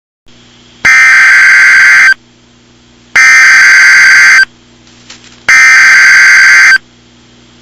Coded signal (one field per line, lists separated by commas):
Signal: Emergency Alert System (SAME) tones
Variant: header bursts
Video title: EAS Mock Blizzard Scenario